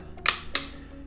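After the glue has dried, the magnet-held head parts of a Batman model kit are fitted together. Two sharp snaps are heard at 0.3 and 0.6 seconds as the magnetic head piece seats into the head assembly. The parts fit properly.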